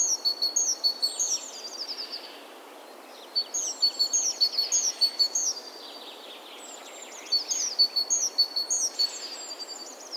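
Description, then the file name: Great tit calls: three bursts of rapid high chirping notes over a steady thin whistle, each about two seconds long and separated by short pauses, with faint background hiss. "Parus major"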